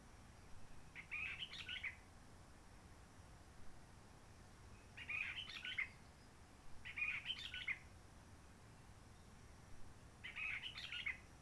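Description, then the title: Réunion bulbul song: short bubbling, warbled phrases repeated four times at irregular gaps of one to three seconds over quiet background hiss. Roche Merveilleuse forest, Réunion; quiet since 19 March 2020 lockdown, no visitors, microlights or helicopters; sunny; birds not very active; sings simpler short phrases, adapted to past air-tourism noise. "Roche Merveilleuse, Réunion - Merle de lîle de la Réunion."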